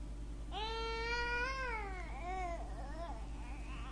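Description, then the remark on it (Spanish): A baby cries out in one long, high, wavering wail that bends downward, then trails off into a couple of shorter sobbing cries, over a steady low hum. “¿Es el llanto de un bebé?”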